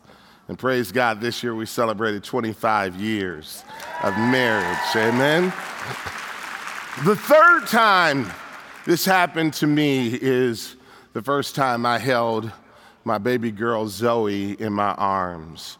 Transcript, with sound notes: And praise God, this year we celebrated twenty-five years of marriage. (applause) And then, the third time this happened to me is the first time I held my baby girl Zoe in my arms.